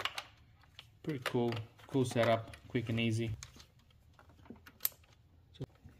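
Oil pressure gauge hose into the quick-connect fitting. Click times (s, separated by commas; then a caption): 0.0 s. During an oil pressure test on a BMW 3.0L engine, the main pressure hose with the gauge snaps into the quick-connect fitting with a sharp click at 0.0 s, and the coupling is seated. Someone then talks, with a few faint clicks and a brief sharp tick near the end.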